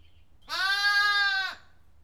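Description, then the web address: Sheep: a lamb gives a single steady bleat lasting about a second, over faint low background noise. One lamb bleating in a barn. "BBC Sound Effects Library BBC 35-Livestock. One Lamb Bleating In Barn"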